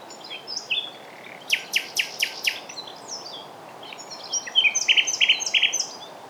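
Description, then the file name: Common nightingale song: scattered whistles, then a burst of loud repeated rasping notes, followed by rich buzzy trills and fluty phrases. "Luscinia megarhynchos"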